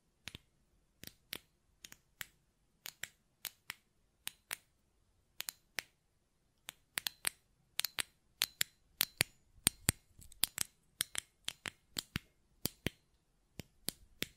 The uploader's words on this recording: ASMR Button Clicking and Tapping Sounds (No Talking).